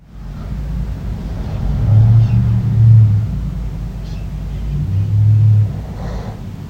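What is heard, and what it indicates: Two deep, rumbling bursts about three seconds apart over low background hum: loud snoring from an adult man asleep at home, recorded by himself after his wife said he snores really loud.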